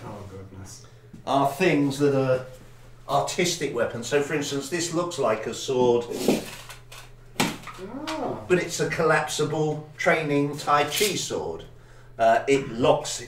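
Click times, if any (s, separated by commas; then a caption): 7.4 s. Someone talks while a collapsible metal training Tai Chi sword is extended, its blade sections locking into the extended position with a sharp clack at 7.4 s. The sword locks into place, more or less.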